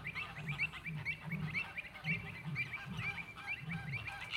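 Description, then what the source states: Flamingo flock honking rapidly, quick nasal notes tumbling over one another above low grunting. Flamingos recorded in the flamingo enclosure at Bristol Zoo.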